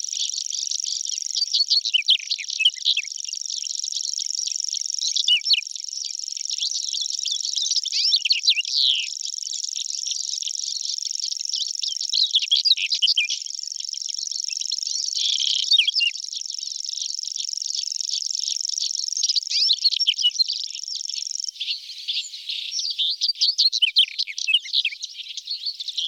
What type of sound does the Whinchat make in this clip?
song